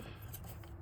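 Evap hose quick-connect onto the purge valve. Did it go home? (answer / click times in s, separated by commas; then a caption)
no / none. An evap hose quick-connect on a Grand Am is handled at the purge valve, with the tab pulled so it can be pushed back on. Over a steady low background, two brief handling sounds come at about 0.4 s and 0.6 s. Nothing has seated or clicked yet.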